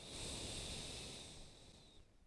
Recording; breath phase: one breath near a microphone; exhalation